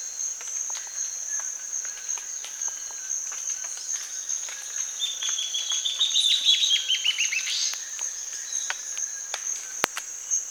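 Bird song: one phrase of quick descending chirps ending in a rising flourish, amid a constant shrill insect drone and scattered clicks.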